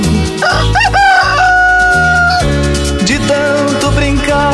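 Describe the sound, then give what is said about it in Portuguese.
A rooster crowing sound effect plays twice during a live DJ set, each call rising sharply and then drawn out into a long, wavering tone, sounding over loud, steady music with a strong bass line. “Olha o Galo do DVD.”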